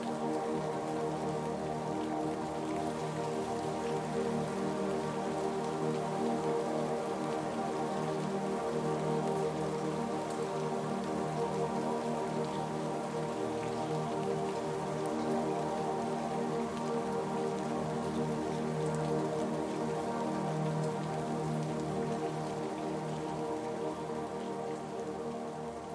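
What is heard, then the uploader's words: Rain patters steadily and densely, with no pauses across the whole stretch. The sound is full and mid-toned, with a faint tonal hum running beneath, and the level holds even from start to finish. The soothing sounds of rainfall. The gentle patter of raindrops.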